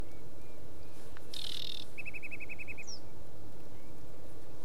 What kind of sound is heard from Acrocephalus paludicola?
song